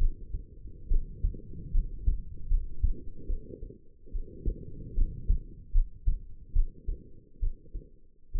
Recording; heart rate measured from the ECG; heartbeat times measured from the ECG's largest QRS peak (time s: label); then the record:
heart sounds by stethoscope; 73 bpm
0.88 s: heartbeat
1.71 s: heartbeat
2.48 s: heartbeat
3.27 s: heartbeat
4.12 s: heartbeat
4.95 s: heartbeat
5.72 s: heartbeat
6.53 s: heartbeat
7.40 s: heartbeat
8.32 s: heartbeat
From the record:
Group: healthy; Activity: rest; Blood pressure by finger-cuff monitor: 117/79 mmHg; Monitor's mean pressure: 91 mmHg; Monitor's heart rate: 72 bpm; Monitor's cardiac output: 5.7 L/min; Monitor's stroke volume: 77 mL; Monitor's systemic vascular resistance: 1180 dyn s/cm5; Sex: female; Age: 22 years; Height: 160 cm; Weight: 45 kg